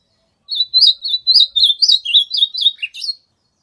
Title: AZULÃ O O VERDADEIRO CANTO DO MATO